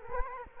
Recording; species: mosquito wingbeat signal from an infrared sensor; Culex quinquefasciatus